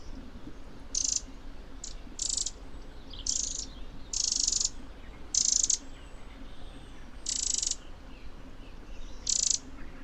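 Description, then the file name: Eurasian wren producing grating, buzzy call bursts, about eight in ten seconds, uneven in length and spacing. "Troglodytes troglodytes"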